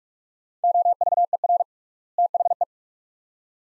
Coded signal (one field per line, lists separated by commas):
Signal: Morse code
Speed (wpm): 44 wpm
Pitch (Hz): 700 Hz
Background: none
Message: OVER THE